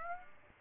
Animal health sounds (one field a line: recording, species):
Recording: mosquito wingbeat signal from an infrared sensor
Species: Aedes aegypti